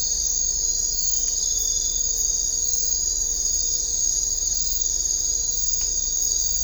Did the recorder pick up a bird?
no